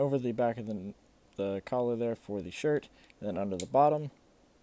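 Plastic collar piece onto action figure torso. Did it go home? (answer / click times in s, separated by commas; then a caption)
no / none. Someone talks while handling the plastic collar piece of an S.H.Figuarts Dragon Ball Super Zamasu (Potara) action figure, clipping it over the back of the torso's shirt collar and under the bottom. Only speech is heard, with no distinct clicks, and nothing has seated or clicked yet.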